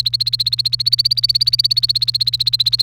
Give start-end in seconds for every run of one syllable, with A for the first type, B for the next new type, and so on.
0.00-2.82 A